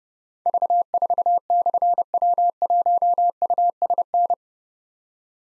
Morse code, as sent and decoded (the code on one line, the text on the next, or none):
...- ....- -..-. .-- .---- ..- ... -.
V4/W1USN